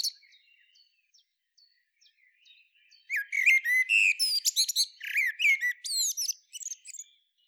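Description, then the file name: Common blackbird calls: a few faint high ticks, then from about three seconds a busy run of squeaky, chattering, twittering notes, rising and falling quickly. "Turdus merula"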